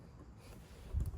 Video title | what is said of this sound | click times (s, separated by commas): How to Replace Wing Mirror / Side Mirror on a Toyota Auris | You can hear that click. It's clicked in. All good. | 1.1 s